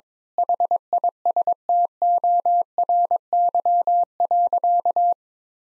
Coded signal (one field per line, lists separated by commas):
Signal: Morse code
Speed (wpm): 22 wpm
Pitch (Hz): 700 Hz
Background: none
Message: HISTORY.